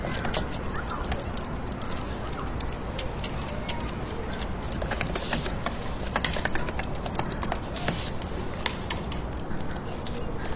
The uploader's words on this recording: Atmospheric scene of staying up late working and studying in computer room, fingertip typing and urban white noise.